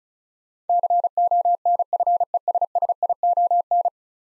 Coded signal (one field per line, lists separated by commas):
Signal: Morse code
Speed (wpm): 36 wpm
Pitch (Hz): 700 Hz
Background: none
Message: CONFESSION